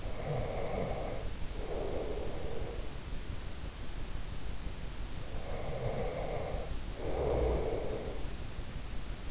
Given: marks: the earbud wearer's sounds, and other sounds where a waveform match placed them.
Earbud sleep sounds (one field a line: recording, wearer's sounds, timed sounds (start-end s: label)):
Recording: sounds in sleep by an in-ear microphone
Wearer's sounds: snoring breath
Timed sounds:
0.00-2.82 s: snoring breath
5.34-8.14 s: snoring breath